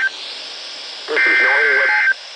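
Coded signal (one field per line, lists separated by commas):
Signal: Emergency Alert System (SAME) tones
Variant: header bursts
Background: speech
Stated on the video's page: Flood warnings from NWS State College PA and Mount Holly NJ received on RadioShack 12-382, Midland WR-100 and RadioShack 12-993 weather radios; State College warnings sent as double headers.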